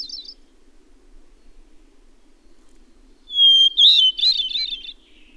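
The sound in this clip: Bird song: a brief high trill, then after a pause a clear whistled note sliding into a fast warbled, twittering phrase lasting about two seconds.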